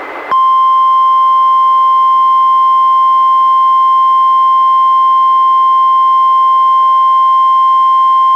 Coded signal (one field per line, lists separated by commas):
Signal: Emergency Alert System (SAME) tones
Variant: 1050 Hz attention tone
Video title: EAS #659: NWR Required Weekly Test- July 6, 2022- 11:04AM PDT